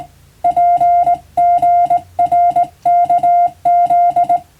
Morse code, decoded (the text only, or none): PGRKZ